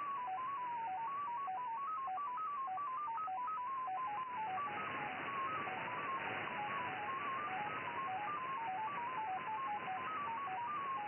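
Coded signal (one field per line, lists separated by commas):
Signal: numbers station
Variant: XPA MFSK 10 baud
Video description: XPA 873 1, 9. 1. 2014 19:20, 6791 kHz / MFSK 10 baud. Message for ID 873 and quite a long one. SVR Russian Foreign Intelligence Numbers Station.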